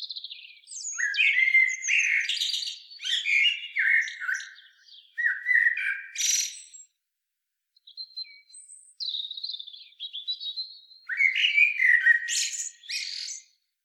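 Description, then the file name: Common blackbird song: quick runs of fluty, squeaky and chattering notes, with a short faint pause before another scratchy phrase. "Turdus merula"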